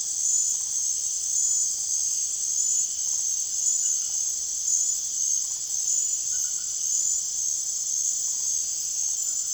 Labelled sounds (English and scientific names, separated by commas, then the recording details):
none
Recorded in secondary vegetation near Puerto Asís, Putumayo, Colombia, on 25 June 2025 at 23:30
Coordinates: 0.489, -76.322
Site G021